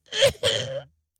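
Two harsh, voiced cough bursts from an adult man, acted for comedy to imitate a cough from something settled on the lungs, presumably some kind of respiratory infection rather than a shadow on the lungs.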